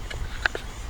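A plastic spacer is pressed into a string trimmer head assembly and gives a sharp, bright snap at 0.5 s as it seats, with fainter knocks around 0.1 s and 0.6 s over a low background rumble. The spacer is confirmed seated on the trimmer head.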